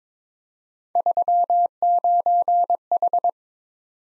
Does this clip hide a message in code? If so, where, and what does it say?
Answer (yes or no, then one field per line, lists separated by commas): yes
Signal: Morse code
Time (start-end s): 1.0-3.3 s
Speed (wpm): 22 wpm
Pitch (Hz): 700 Hz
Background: none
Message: 39H